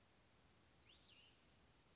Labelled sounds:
Cassin's Vireo (Vireo cassinii)
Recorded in Sonoma County, California

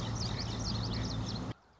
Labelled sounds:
Common Yellowthroat (Geothlypis trichas)
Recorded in Sonoma County, California

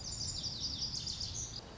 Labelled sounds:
Lazuli Bunting (Passerina amoena)
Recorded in Sonoma County, California

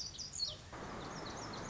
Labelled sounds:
Lazuli Bunting (Passerina amoena)
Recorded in Sonoma County, California

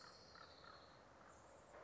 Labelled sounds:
Orange-crowned Warbler (Leiothlypis celata)
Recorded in Sonoma County, California

